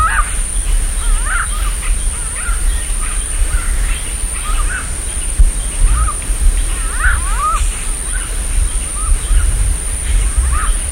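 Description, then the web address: Grey-headed fish eagle song: repeated arched, slightly wavering notes delivered in irregular bursts, with a heavy low-frequency rumble and a steady high-pitched tone in the background. "chant xeno-canto pygargue a tete grise"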